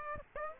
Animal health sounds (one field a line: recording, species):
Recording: mosquito wingbeat signal from an infrared sensor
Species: Aedes aegypti